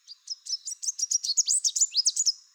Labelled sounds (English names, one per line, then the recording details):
Chestnut-capped Warbler song
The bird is a male
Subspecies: delattrii
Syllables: 16
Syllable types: 15
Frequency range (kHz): 3.5-8.8 kHz
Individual CR-NOYS-M